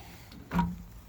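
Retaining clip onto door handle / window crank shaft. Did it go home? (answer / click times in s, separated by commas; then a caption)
no / none. A small metal retaining clip is handled at the old door handle / window crank shaft of a Suzuki Samurai during a metal door handle install, with the door panel missing. A faint tick comes at about 0.3 s, then a louder, broader rustling burst from about 0.5 to 0.7 s that fades back to low background noise. Nothing has seated or clicked into place yet.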